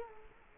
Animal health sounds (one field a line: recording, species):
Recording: mosquito wingbeat signal from an infrared sensor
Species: Culex quinquefasciatus